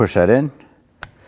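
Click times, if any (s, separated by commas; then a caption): 1.0 s. Someone talks, then the plastic electrical connector for the side mirror of a 2010-2019 Ford Taurus is pushed into the door harness. It gives one sharp click at 1.0 s as it snaps into place and is seated.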